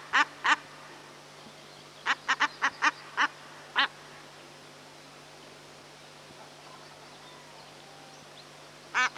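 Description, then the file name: Common shelduck uttering scattered short harsh nasal notes, singly and in a brief quick cluster, with long quiet gaps between them. "Common Shelduck (Tadorna tadorna)"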